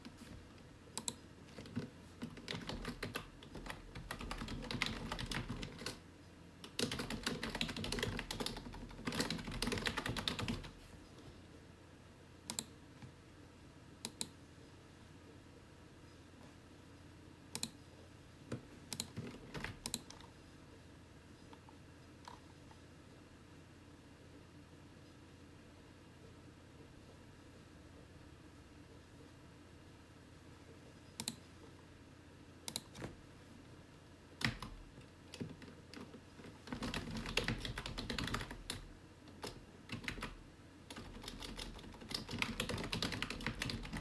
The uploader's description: Small room office with gentle typing on keyboard, clicking of the computer mouse, and gentle whirring of personal computer nearby.